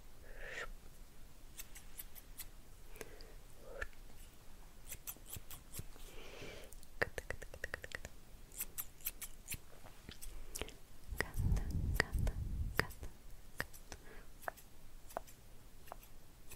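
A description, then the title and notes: Scissors snip and click in quick irregular bursts throughout, with hand rustling and a low rumbling thump around twelve seconds. Scissors Hand Movements, Hand Sounds.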